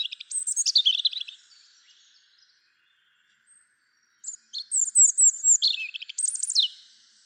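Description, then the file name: European robin delivering two bright, high-pitched warbling phrases of rapid twitters and sliding notes, with a silent gap of a few seconds between them. "Erithacus rubecula"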